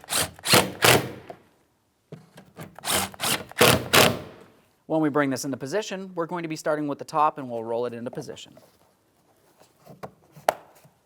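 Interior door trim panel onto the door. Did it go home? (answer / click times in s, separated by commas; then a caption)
yes / 10.5 s. A plastic interior door trim panel on a 2007-2014 GMC Sierra 2500 HD is brought in from the top and rolled into position on the door while someone talks. Near the end, a single sharp snap at 10.5 s marks the panel seating into place.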